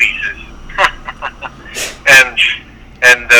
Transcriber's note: laughs